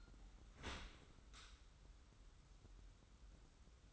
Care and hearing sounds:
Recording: daily activity, microphone in the room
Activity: open dishwasher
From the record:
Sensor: 3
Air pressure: 994.4 hPa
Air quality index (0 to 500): 209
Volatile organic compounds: 1000 ppm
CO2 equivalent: 6996 ppm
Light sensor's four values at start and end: 205/496/210/210 and 199/480/203/203

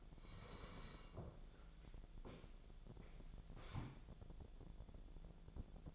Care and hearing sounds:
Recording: daily activity, microphone in the room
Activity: sit down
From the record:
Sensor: 5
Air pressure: 1000.5 hPa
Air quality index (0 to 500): 148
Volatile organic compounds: 2 ppm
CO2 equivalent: 1145 ppm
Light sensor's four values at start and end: 47/111/46/49 and 47/111/46/49

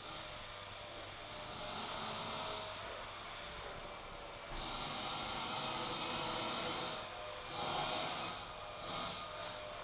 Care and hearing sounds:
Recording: daily activity, microphone in the room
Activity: vacuum cleaning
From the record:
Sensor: 5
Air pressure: 1009.7 hPa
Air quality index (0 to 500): 167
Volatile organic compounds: 4 ppm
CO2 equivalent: 1619 ppm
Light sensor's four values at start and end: 110/288/118/126 and 110/288/118/126

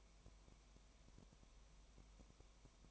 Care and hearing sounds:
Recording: daily activity, microphone in the room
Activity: no activity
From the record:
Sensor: 1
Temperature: 19.1 degrees Celsius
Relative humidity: 34.1%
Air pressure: 1001.3 hPa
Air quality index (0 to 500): 83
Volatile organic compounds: 1 ppm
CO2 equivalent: 829 ppm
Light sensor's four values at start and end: 1/2/1/1 and 1/2/1/1

